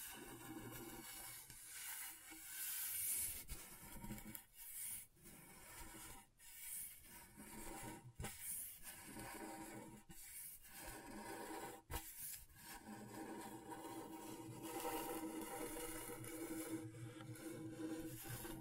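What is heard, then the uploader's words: A scratchboard is worked with steady scraping and rubbing strokes, a dry rasping texture that runs almost without pause for the whole length. Brief gaps between strokes fall every second or two, most clearly around five, six, ten and twelve seconds, before denser continuous scratching toward the end. ASMR Brain Tingling Scratchboard (No Talking).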